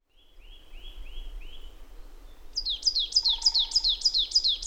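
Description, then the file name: Marsh tit calling: four soft, level whistled notes, then a fast run of sharp, high, down-slurred chips. "Poecile palustris"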